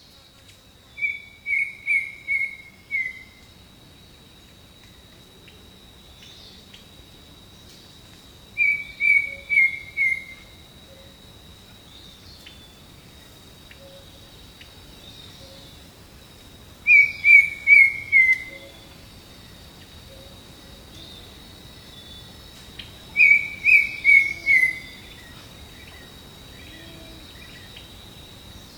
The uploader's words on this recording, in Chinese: 大自然的声音-丛林鸟鸣。